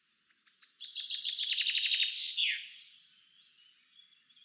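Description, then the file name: Common chaffinch song, a quick series of repeated downslurred notes falling in pitch and ending in a short flourish. "Fringilla coelebs"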